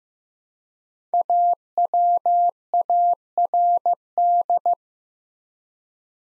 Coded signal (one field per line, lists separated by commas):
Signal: Morse code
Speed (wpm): 15 wpm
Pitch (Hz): 700 Hz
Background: none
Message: AWARD